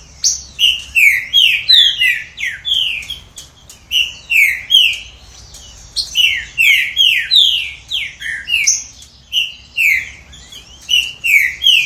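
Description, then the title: Green-winged Saltator singing repeated bursts of bright slurred whistles, the phrases returning every few seconds. "Trinca Ferro"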